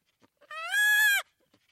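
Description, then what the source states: Chimpanzee call, one drawn-out harmonic cry that rises briefly and then holds steady for under a second before cutting off. Chimpanzee communication call.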